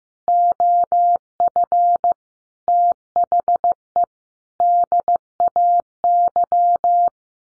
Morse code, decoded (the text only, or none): OF THE DAY